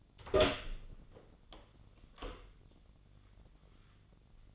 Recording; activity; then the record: daily activity, microphone in the room; open door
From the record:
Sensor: 4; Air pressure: 1010.0 hPa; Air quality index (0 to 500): 192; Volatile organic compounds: 3 ppm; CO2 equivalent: 1378 ppm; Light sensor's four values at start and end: 34/83/34/35 and 31/77/31/33